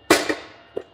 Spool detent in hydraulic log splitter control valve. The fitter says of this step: does what it's supposed to. It locks in position right there